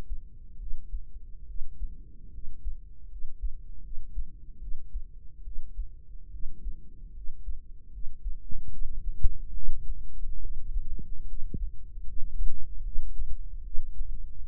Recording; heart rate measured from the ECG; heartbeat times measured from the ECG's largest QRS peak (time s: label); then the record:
heart sounds by microphone in the right ear; 74 bpm
0.57 s: heartbeat
1.45 s: heartbeat
2.30 s: heartbeat
3.08 s: heartbeat
3.81 s: heartbeat
4.58 s: heartbeat
5.42 s: heartbeat
6.29 s: heartbeat
7.12 s: heartbeat
7.90 s: heartbeat
8.69 s: heartbeat
9.52 s: heartbeat
10.38 s: heartbeat
11.25 s: heartbeat
12.04 s: heartbeat
12.82 s: heartbeat
13.61 s: heartbeat
14.43 s: heartbeat
From the record:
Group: healthy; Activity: rest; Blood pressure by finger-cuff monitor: 98/69 mmHg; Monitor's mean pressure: 78 mmHg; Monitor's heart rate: 73 bpm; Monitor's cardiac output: 5.4 L/min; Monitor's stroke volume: 74 mL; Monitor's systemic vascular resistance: 1040 dyn s/cm5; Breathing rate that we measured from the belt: 14 breaths a minute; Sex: female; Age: 23 years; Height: 160 cm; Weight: 50.4 kg